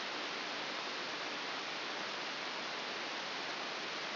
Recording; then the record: brain microelectrode recording played as sound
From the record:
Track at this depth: inside the subthalamic nucleus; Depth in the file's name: 1.6 mm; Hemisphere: left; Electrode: 2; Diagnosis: Parkinson's disease